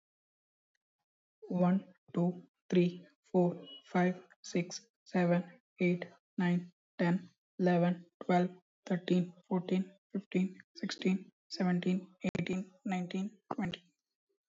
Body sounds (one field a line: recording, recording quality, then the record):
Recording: counting at a normal pace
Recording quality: excellent, no background noise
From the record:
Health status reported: healthy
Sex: male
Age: 27 years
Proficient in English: yes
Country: India